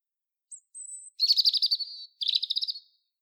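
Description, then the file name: European robin song opening with thin high whistles, then two rapid rattling trills of repeated notes, the second shorter. "Erithacus rubecula"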